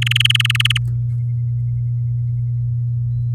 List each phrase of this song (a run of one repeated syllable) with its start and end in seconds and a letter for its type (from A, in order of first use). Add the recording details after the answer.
0.02-0.78 A. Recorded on 6 May 2018 at 12:21. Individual llb16